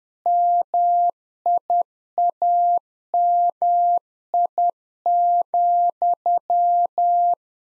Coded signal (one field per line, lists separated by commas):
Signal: Morse code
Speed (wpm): 10 wpm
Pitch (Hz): 700 Hz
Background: none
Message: MIAMI,